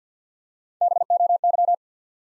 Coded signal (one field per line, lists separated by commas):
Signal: Morse code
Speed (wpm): 50 wpm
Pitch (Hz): 700 Hz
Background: none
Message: B O Y